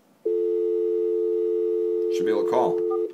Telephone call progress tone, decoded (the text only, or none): dial tone